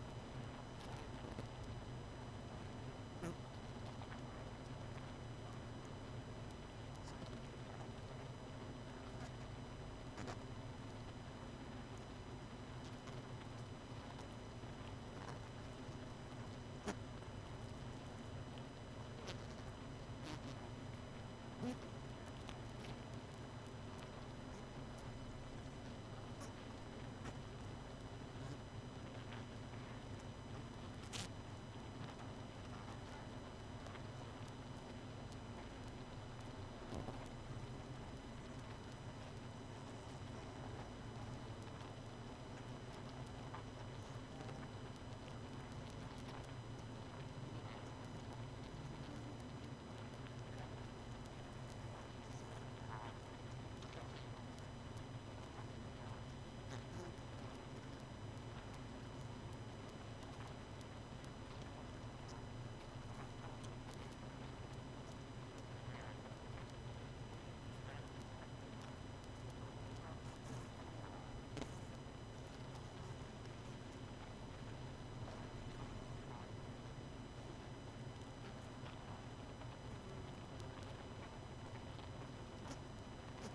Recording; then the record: honeybee colony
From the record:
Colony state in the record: missing queen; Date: 31 May 2018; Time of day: 23:15